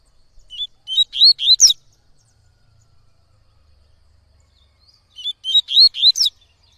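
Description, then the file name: Yellow-bellied seedeater singing two short phrases of bright, rising whistled notes, each ending in a buzzy trill, with about four seconds of silence between them. "canto de coleiro baiano"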